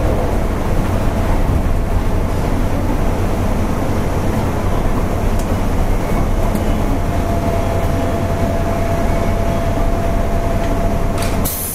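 A JR 201-series electric train runs steadily with a dense low rumble, a faint held tone, and a brief clatter near the end.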